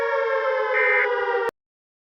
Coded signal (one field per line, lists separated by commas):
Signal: Emergency Alert System (SAME) tones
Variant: end-of-message bursts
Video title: EAS SCENARIO 29: Kiara E.X.E